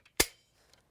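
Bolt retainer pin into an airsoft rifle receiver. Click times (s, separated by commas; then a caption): 0.2 s. With the bolt slid home and locked down, the bolt retainer pin is pushed up into the receiver of a UHC Super 9 bolt-action airsoft rifle so the bolt can't come out. A sharp, loud click at 0.2 s shows the pin seating in place, with faint ticks around 0.1 s and 0.7 s.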